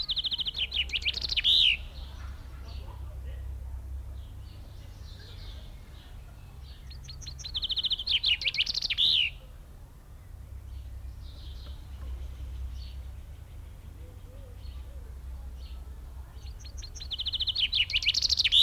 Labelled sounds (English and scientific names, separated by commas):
Common Chaffinch (Fringilla coelebs)